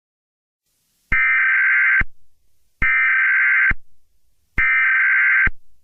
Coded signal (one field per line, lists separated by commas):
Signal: Emergency Alert System (SAME) tones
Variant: header bursts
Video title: EAS scenario 25: Mickey error 6: The Return of Mickey error: Wait it’s not over yet